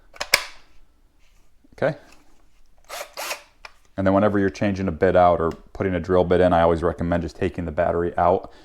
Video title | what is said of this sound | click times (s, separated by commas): Black and Decker Drill Tutorial and Demonstration LDX120 | and then just slide in until you hear a click | 0.2 s, 0.3 s